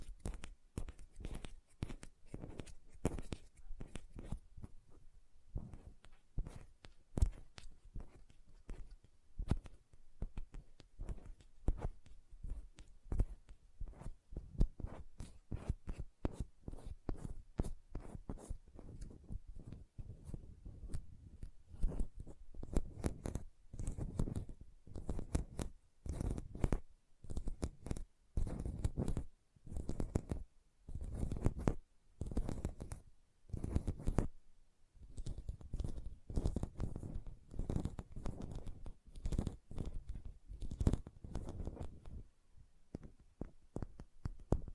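Hand sounds and nail tapping: a dense, steady stream of quick clicks and taps, with louder, fuller rubbing bursts growing more frequent later on.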